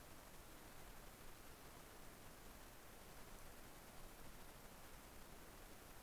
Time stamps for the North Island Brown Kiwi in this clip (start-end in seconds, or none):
none